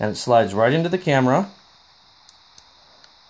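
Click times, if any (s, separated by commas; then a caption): 3.0 s. Someone talks for about the first 1.5 seconds while an SD memory card, inserted backwards with its brass contacts facing the viewer, slides into the card slot of a Browning Strike Force BTC-5HDE trail camera. Two faint short ticks follow at 2.3 and 2.6 seconds. A final short click at 3.0 seconds marks the card seating in the slot.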